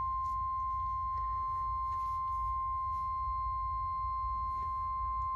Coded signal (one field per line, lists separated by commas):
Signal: Emergency Alert System (SAME) tones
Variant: 1050 Hz attention tone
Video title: The First AKQ Required Weekly Test of 2021 (EAS #785)